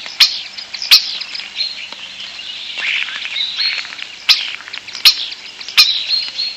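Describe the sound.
European starling song with sharp clicks repeated irregularly among whistled and wheezy phrases, busy and continuous.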